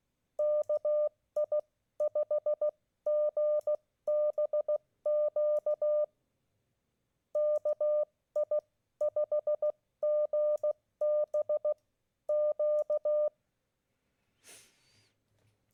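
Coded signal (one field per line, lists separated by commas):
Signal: Morse code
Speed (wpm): 16 wpm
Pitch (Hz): 600 Hz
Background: none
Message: KI5GBQ KI5GBQ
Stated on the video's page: Morse contacts made during a Parks on the Air park activation.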